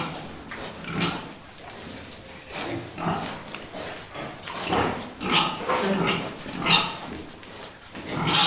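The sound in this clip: Pig calls: scratchy grunts and short squeals in uneven bursts, rising and falling in loudness.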